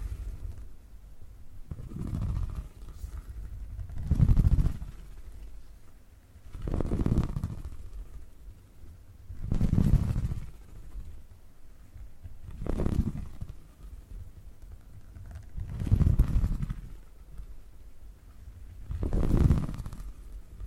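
Purring sounds come in slow, rhythmic swells about every two and a half seconds, each a low rumbling pulse that builds and fades. Between swells a softer low murmur continues, with faint crackly texture riding on top and little in the upper range.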